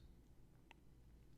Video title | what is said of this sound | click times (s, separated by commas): Kinsa QuickCare Smart Digital Thermometer - How to Replace Battery | and now it's locked into place. | 0.7 s